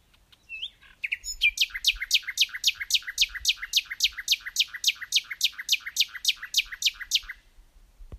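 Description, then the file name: Common nightingale delivering a long, very regular rattle of repeated sharp downslurred notes, three to four per second, after a brief whistled opening. "Luscinia megarhynchos"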